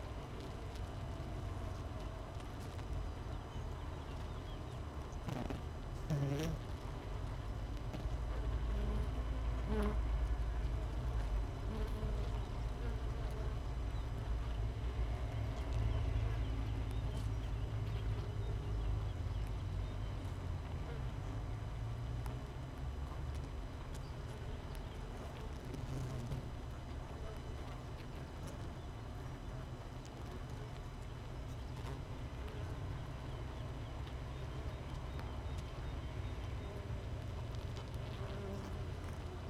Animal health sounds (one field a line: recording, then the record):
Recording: honeybee colony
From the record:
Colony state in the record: missing queen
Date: 31 May 2018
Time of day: 5:59